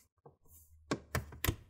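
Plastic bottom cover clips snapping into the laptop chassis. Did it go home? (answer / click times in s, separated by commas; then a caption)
yes / 0.9 s, 1.1 s, 1.4 s. A plastic bottom cover is placed back on an HP Envy x360 15m laptop and its sides are pressed down so the clips snap into the chassis. Three sharp clicks are heard at 0.9, 1.2 and 1.4 seconds, with a faint softer tap before them. The cover clips seat.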